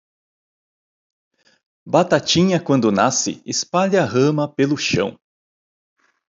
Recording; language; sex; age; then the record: short text; Brazilian Portuguese; male; 40 to 49 years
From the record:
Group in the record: control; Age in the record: 49 years